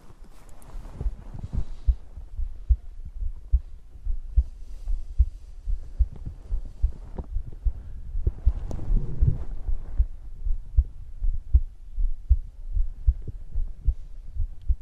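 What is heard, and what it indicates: A normal adult heartbeat heard close to the chest, as if the listener were lying with their head on the chest, with faint whispering in the later part.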